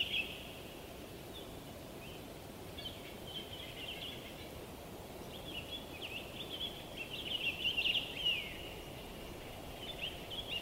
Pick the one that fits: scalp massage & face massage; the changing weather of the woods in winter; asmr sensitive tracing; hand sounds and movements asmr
the changing weather of the woods in winter